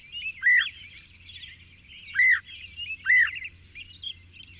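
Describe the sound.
Bird song with clear arched whistles that rise and fall, repeated three times, over a soft twittering of other birds.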